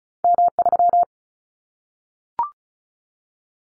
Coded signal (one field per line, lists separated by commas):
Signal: Morse code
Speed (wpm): 34 wpm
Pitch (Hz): 700 Hz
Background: none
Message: M3